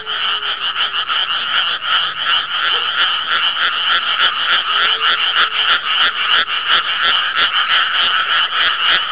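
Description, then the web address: Frogs croak in a dense, continuous chorus of rapid rasping pulses, several per second, overlapping throughout with no other clear sounds. "animal frog"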